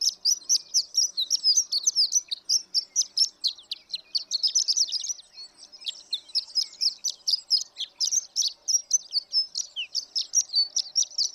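Horned lark song: rapid, high, twittering chips that run continuously. The song softens briefly midway, then swells again.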